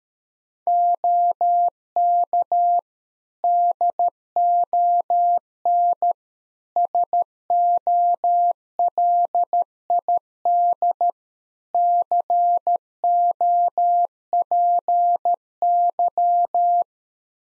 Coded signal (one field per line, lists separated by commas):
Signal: Morse code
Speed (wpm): 13 wpm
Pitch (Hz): 700 Hz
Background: none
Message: OK DON SOLID COPY